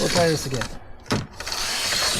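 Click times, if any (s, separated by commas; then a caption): 1.1 s. A Newport Vessels NK180 Pro kayak trolling motor is pushed into its mounting bracket on a Native Watercraft Slayer Max 12.5 kayak on the second try. Someone talks, then a sharp mechanical hit sounds at 1.1 s as the motor locks in place.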